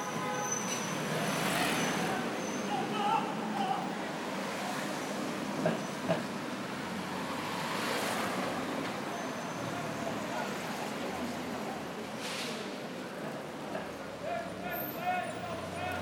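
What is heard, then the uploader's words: Walking down a busy city street, with a steady, dense wash of traffic and scattered voices. Vehicles swell past every few seconds, around the start, the middle and near the end, and faint high beeps and clatter sit in the background. This walk starts down Jiang Ning Lu and finally begins at An Yuan Lu toward the middle of the track. This part of Shanghai has seen quite a bit of change and is now quite modern.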